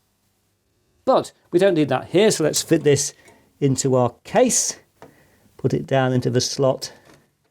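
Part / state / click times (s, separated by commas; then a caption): graphics card into motherboard PCIe slot / not seated / none. Someone talks while a small graphics card is handled and lowered toward the motherboard's PCIe slot, with a faint brief knock at about 5.0 s. The card has not yet been pushed home, so nothing has seated and the retention latch has not clicked yet.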